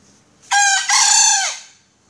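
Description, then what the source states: Junglefowl call: one loud, harsh, two-part crowing phrase lasting about a second, the second part longer and dropping in pitch at the end; otherwise quiet. Female.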